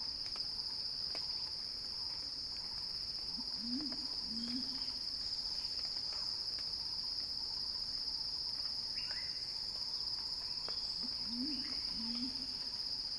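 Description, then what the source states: Cicada song, a steady shrill drone held without a break, with a fainter higher band above; a low two-part rising call sounds twice in the background. Cicada song building in a crescendo, recorded by Axel Drioli for Earth.fm's Sounding Wild.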